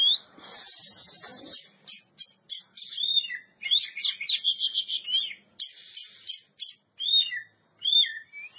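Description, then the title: Oriental magpie-robin song starting with a drawn-out buzzy note, followed by sharp repeated chips and looping whistled phrases. Champion bird. "Kicau Burung Kacer Juara"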